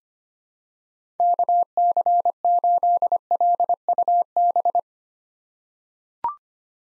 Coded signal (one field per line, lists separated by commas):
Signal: Morse code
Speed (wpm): 25 wpm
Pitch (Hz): 700 Hz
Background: none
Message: KC8LUB